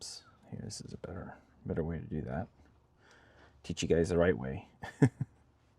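Someone talks while handling a small LED and pliers to push it into the light housing of a Bachmann K27 model locomotive. Only speech and faint handling sounds are heard; nothing has seated or clicked into place yet.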